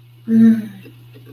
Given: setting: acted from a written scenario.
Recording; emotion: vocal sound without words; desire